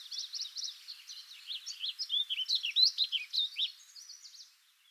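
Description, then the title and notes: Warbling Vireo song, a fast, rambling run of high warbled notes that rise and fall, continuing for about four seconds before fading out. Recorded by the author in Montana, USA. "El canto del vireo gorjeador que acompaña este podcast grabé yo en el Estado de Montana, EE.UU."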